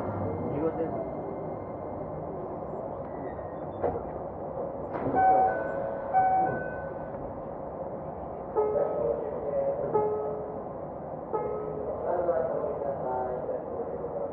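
A Keikyu 2100 series train runs with a steady low rumble, overlaid by tonal whines and beeps rising and falling around five, nine and twelve seconds.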